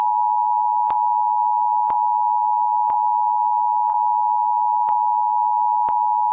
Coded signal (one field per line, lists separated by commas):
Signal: Emergency Alert System (SAME) tones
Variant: 853 and 960 Hz attention tone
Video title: Eas prank